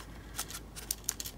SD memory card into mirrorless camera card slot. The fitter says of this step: you have a nice click when you go inside and then to take it out also you pressed it and it